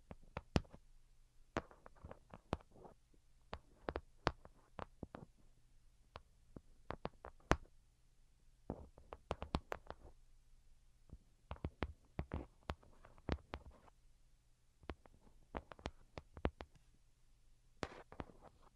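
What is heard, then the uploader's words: Delicate tapping comes in quick, irregular clusters of sharp, bright clicks, with brief pauses between bursts throughout the nineteen seconds. A faint, steady low hum sits underneath the whole time. ASMR Most Delicate and Calming Tapping for Sleep (No Talking).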